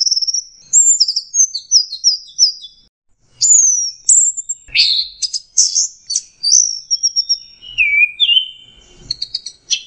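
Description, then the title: Orange-headed thrush song: thin high whistles and slurred notes, a pause, then a burst of scratchy trills and long descending whistles. "Burung Anis Merah"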